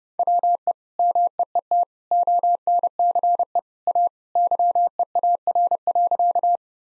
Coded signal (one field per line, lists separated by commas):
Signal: Morse code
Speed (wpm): 32 wpm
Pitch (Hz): 700 Hz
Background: none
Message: WE MEET ONCE A YEAR.